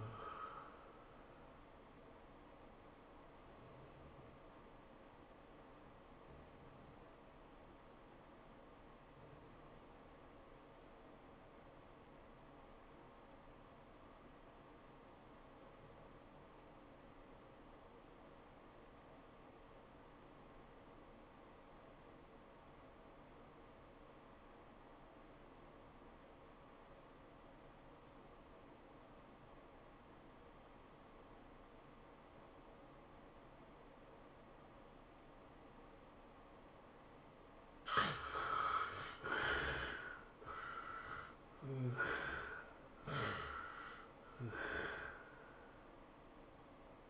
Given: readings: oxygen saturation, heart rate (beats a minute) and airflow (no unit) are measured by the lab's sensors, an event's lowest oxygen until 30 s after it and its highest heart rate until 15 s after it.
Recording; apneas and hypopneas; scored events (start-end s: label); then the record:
breathing in sleep by a voice recorder at the bedside; 1
6.00-37.80 s: obstructive apnea (REM, oxygen 97% highest, then 66% lowest, heart rate 103 at the start, 114 highest)
From the record:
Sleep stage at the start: REM sleep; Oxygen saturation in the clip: 70 to 97%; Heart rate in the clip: 86 to 114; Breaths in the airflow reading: 3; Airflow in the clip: -15.1 to 10.5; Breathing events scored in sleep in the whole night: 403 in 5.5 hours asleep